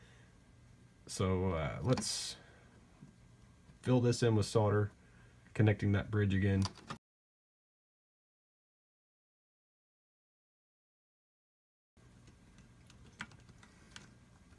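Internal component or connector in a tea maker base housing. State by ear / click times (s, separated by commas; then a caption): not seated / none. Someone talks while handling an internal component or connector in the base housing of a Breville BTM800XL tea maker, after re-soldering its thermal fuse bridge. After a silent gap, faint handling noises with small ticks at about 12.9, 13.2 and 14.0 seconds are heard as the part is worked back toward position. Nothing has seated or clicked into place yet.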